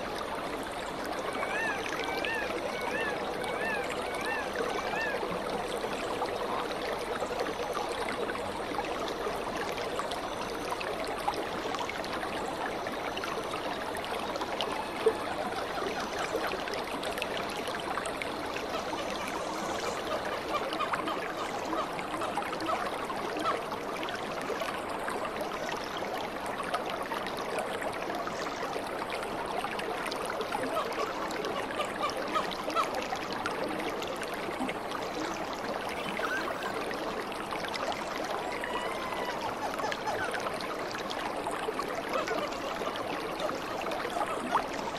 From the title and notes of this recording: Rainforest, Bubbling River Falls - Monterreal Rainforest, Ecuador. Gentle #Birds #Insects #Animals #Daytime #SouthAmerica.